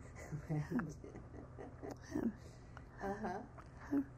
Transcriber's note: laughs